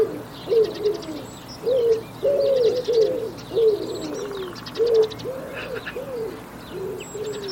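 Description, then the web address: Bird cooing, low rounded notes in an uneven series, accompanied by rattling and chirping calls of other birds. "Bird Only"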